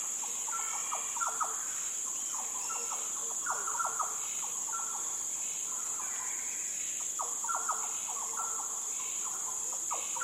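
Yellow oriole fluty song, mellow whistled notes and quick slurs given in repeated bursts, over an unbroken shrill high drone.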